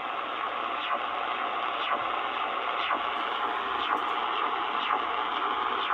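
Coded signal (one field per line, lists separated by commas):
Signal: radar signal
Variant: CODAR ocean radar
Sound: hiss of static with a swishing chirp about once a second, six in all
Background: radio static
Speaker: here's the chirp chirp of Kodar.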